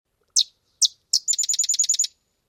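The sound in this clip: Sedge Wren song: three high, separate chips followed by a dry, rapid staccato chatter of several notes, lasting under a second.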